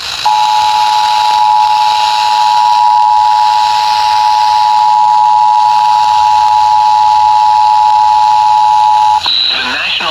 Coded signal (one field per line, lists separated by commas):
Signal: Emergency Alert System (SAME) tones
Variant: 853 and 960 Hz attention tone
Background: speech